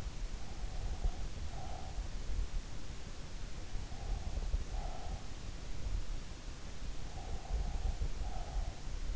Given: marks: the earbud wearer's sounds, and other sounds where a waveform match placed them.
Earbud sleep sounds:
sounds in sleep by an in-ear microphone; breath
0.24-2.24 s: breath
3.76-5.41 s: breath
6.96-9.16 s: breath

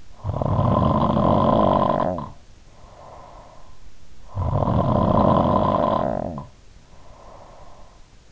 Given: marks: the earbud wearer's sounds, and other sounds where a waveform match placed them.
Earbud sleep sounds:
sounds in sleep by an in-ear microphone; snoring breath
0.00-3.99 s: snoring breath
4.29-7.92 s: snoring breath

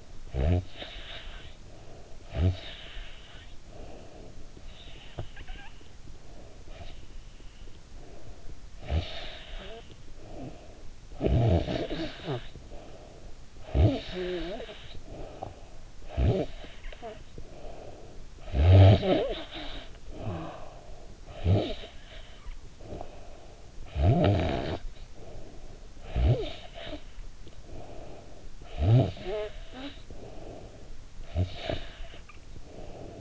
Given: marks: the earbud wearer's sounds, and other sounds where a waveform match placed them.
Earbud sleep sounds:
sounds in sleep by an in-ear microphone; snoring breath, breath
0.25-4.43 s: snoring breath
4.62-8.57 s: breath
8.57-23.52 s: snoring breath
23.66-31.12 s: snoring breath
31.15-33.21 s: snoring breath

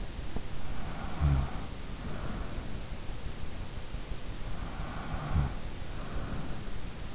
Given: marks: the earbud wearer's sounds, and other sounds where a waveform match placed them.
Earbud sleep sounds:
sounds in sleep by an in-ear microphone; snoring breath
0.80-2.73 s: snoring breath
4.84-6.16 s: snoring breath

